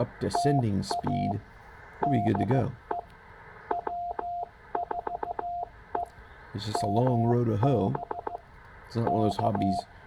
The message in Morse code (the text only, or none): TA DE W4EMB K